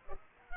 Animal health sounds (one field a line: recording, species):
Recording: mosquito wingbeat signal from an infrared sensor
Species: Culex pipiens